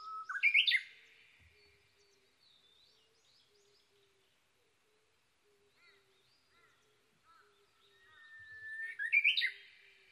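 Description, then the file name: Japanese bush warbler song: a clear whistle leaps into a loud, rising, warbled flourish, repeated about nine seconds later, with faint chirps from other small birds in between. Recorded 22 May 2011 at 05:58. "uguisu-20110522-0558"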